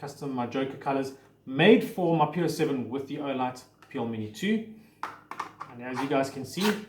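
A pistol fitted with an Olight PL Mini 2 weapon light is handled at a custom kydex holster in Joker colors made for the PO7 while someone talks throughout. A few brief, sharp handling taps are heard around 5.0, 5.3 and 5.4 seconds. The pistol has not yet snapped into the holster, and nothing has seated or clicked yet.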